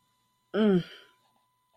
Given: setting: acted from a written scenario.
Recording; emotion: vocal sound without words; shame